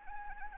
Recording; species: mosquito wingbeat signal from an infrared sensor; Anopheles gambiae